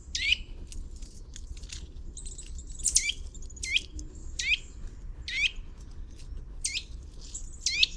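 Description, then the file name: Eurasian nuthatch calling with loud, descending high notes spaced unevenly, alongside fainter chirps and low background rumble. "Sitta europaea"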